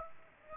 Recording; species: mosquito wingbeat signal from an infrared sensor; Aedes aegypti